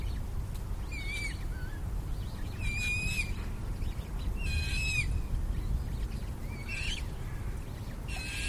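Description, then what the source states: Eurasian coot young uttering thin, slurred high whistles in several separate bursts, over a persistent low rumble. Young birds.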